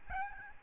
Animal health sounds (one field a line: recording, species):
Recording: mosquito wingbeat signal from an infrared sensor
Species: Aedes albopictus